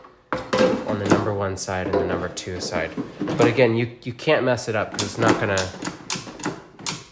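A plastic-handled metal frying basket is handled and guided toward its numbered slot in the housing of a Ninja DZ201 Foodi 8 Quart 6-in-1 DualZone 2-Basket air fryer while someone talks, with brief handling knocks near 0.3 s and 6.1–6.9 s. Nothing has seated or clicked yet; the clip ends just before the basket goes home.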